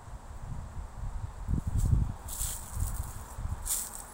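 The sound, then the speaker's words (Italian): Footsteps crunch through dry leaves in an uneven rhythm, each step a brittle, scratchy rustle, louder bursts around the middle, with no voices. “Camminando sento il suono, uno scricchiolio di foglie secche, è un rumore non morbido, un rumore un po' nervoso”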